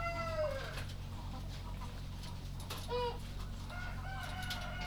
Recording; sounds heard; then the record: poultry house recording; sick chickens (respiratory disease)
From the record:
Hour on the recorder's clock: 1